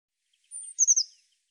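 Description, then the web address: Eurasian blue tit call: one long, very high thin note gliding slightly down, followed by three quick, sharp notes, in clean silence. "cianscape birddata Deverinetal 2025 Bird Cy Ca Cy Ca"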